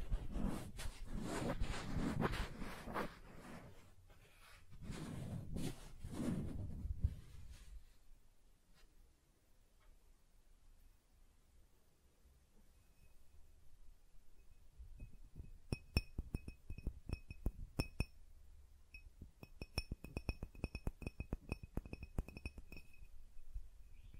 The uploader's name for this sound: Soft Tracing on Smooth and Rough Surfaces